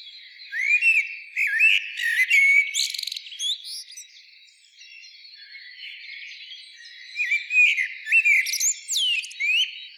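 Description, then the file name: Common blackbird song in two bouts of fluted whistles and rising notes ending in squeaky chatter, with other birds faintly singing behind. "Turdus merula"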